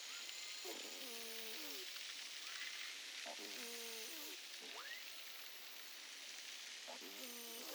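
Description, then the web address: Beluga whale calls: groups of stacked tones repeating every few seconds, with upswept whistles between them over a steady hiss. Northern Baffin Island, 6 August 2015, 21:36:50 UTC, recorded underwater with an autonomous acoustic recorder (AMAR). "BELUGA figures Baffin north"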